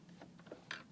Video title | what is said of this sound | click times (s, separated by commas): How to set up your sewing machine part 2 | your bobbin goes on this spool here it clicks in place | 0.7 s